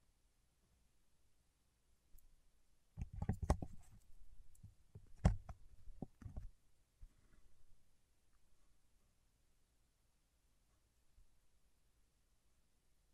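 Wax being handled with the fingertips: a cluster of sharp clicks, taps and sticky snaps between about three and six and a half seconds, loudest around five seconds. Softer scattered rubbing follows until about eight seconds, then near silence with a faint tap around eleven.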